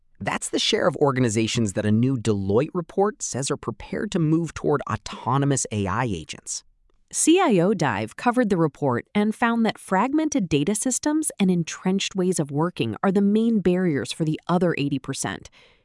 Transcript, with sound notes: That’s the share of organizations that a new Deloitte report says are prepared to move toward autonomous AI agents.
[thoughtful] CIO Dive covered the report and found that fragmented data systems and entrenched ways of working are the main barriers for the other 80